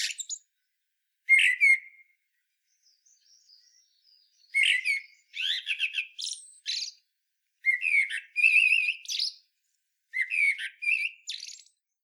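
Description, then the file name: Common blackbird delivering mellow whistled phrases, some trailing off into faint high notes and others ending in squeaky, chattering flourishes. There are brief pauses between phrases. "Turdus merula"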